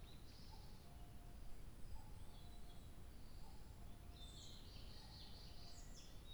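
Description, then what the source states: Bird song with soft whistled notes repeating regularly and a burst of high twittering toward the end, set against constant low-frequency rumble. 2 July 2023.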